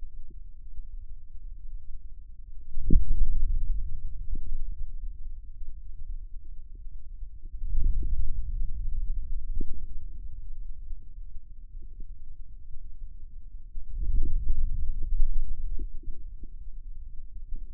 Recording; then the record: forearm muscle sounds (acoustic myography)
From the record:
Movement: radial deviation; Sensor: system 2, bracelet of six BSWA MPA416 microphones around the upper forearm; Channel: 3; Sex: male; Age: 22 years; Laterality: right